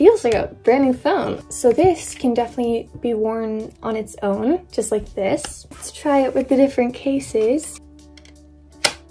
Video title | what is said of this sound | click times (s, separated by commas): Pokémon cases with switchable back imagisnap covers! Casebang ⭐️ Unboxing | snapped right in there | 8.9 s